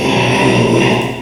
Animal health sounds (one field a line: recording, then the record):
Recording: squeal of a Yucatan mini pig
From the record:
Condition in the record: after surgery on the right vocal fold (resection and tissue-engineered implant)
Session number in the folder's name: 1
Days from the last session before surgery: 6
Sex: male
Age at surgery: 12 weeks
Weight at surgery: 13 kg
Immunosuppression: cyclosporine, prednisolone